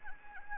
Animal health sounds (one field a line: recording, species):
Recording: mosquito wingbeat signal from an infrared sensor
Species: Anopheles gambiae